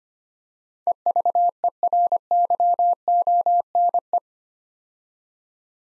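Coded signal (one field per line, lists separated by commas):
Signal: Morse code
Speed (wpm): 25 wpm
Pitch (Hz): 700 Hz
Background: none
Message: EVERYONE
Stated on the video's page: Morse code practice at 25 wpm: 8-letter words built up two letters at a time, for instant character recognition training.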